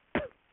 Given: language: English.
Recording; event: throat vibration sensor signal played as sound; cough